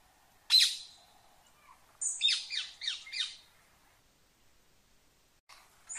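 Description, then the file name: Rose-ringed parakeet giving one sharp squawk, then a quick burst of harsh screeches, followed by quieter calls. "Canto do periquito indiano"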